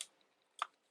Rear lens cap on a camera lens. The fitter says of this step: you move those Grebe's until you hear click and then this will just come off like that